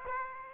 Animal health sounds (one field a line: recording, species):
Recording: mosquito wingbeat signal from an infrared sensor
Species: Aedes aegypti